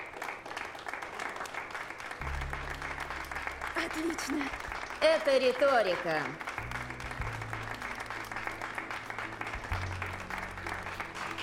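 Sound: studio audience applause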